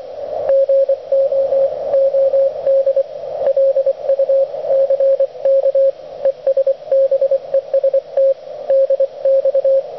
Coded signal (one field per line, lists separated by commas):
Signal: Morse code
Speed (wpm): 24 wpm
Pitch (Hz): 530 Hz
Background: radio noise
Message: GOOD LUCK ES BEST DX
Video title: A Front Yard QRP DXpedition